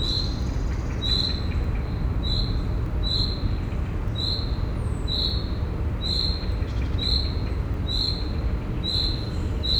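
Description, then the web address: Field cricket chirping in regular, piercing high pulses close to once a second, with a steady deep roar of traffic underneath. Recorded at a zoo in Szeged, Hungary, in 2011, with distant traffic noise. "szegedizoo 2011 standardt mezeitucsok"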